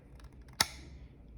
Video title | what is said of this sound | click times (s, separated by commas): How to DIY Repair a Leaking Pool Filter Air Purge Valve | once you hear that click | 0.6 s